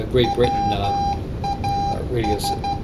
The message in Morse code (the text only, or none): WAS